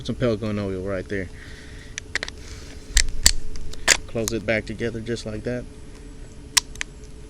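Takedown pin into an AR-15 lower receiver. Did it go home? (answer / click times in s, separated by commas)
yes / 6.6 s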